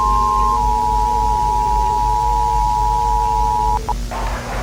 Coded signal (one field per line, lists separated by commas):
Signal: Emergency Alert System (SAME) tones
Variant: 853 and 960 Hz attention tone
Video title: EAS Scenario MOCK: USA (1992) FAKE